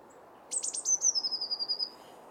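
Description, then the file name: Eurasian blue tit gives a single phrase: several high, sharp introductory notes followed by a rapid, slightly falling trill of thin ringing notes. "Cyanistes caeruleus"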